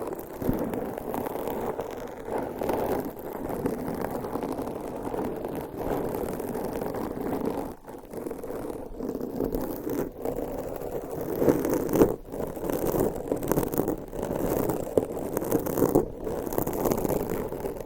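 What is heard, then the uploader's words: Continuous scratching of nails across a microphone, a dense rough rasp centered in the low-mid range with little brightness. The texture churns without pause, broken by brief dropouts near 8, 12 and 16 seconds and small irregular surges in loudness. ASMR Mic Scratching - Brain Scratching Hypnotic Asmr No Talking for Sleep with Long Nails.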